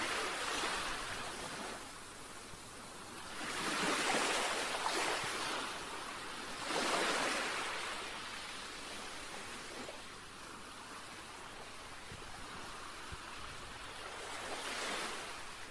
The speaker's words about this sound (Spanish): Otros, sin dudarlo, te dirán que su sonido favorito es el de las olas del mar.